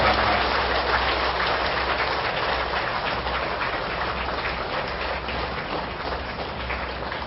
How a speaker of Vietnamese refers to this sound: Toàn thể đạo tràng cho một tràng pháo tay để cung đón.